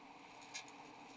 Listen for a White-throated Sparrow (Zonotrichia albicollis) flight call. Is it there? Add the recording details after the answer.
no. No flight call is heard. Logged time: 10:12 on 12 December 2014